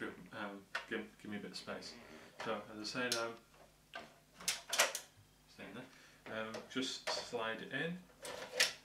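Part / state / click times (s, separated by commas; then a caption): drive into case drive bay / not seated / none. Someone talks while a drive is handled at a case drive bay that has a pull tab for removal, with short scraping and knocking sounds around 4.0 to 5.0 seconds. Nothing has seated or clicked yet; the clip ends before the drive goes home.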